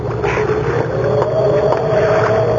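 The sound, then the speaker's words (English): A small boat being held steady shifts on the water, a steady low rumble and wash of water running throughout with a faint, drawn-out creaking tone above it, no voices. “Hold that boat steady.”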